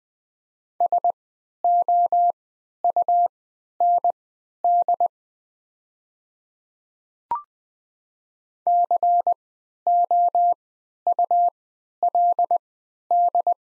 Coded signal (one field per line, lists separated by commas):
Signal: Morse code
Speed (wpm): 20 wpm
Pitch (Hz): 700 Hz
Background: none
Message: SOUND COULD